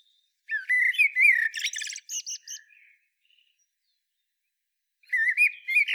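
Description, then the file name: Eurasian blackbird song: a melodious fluty phrase winding up and down, closing in high squeaky twitters. A second mellow phrase starts after a short pause. "Turdus merula"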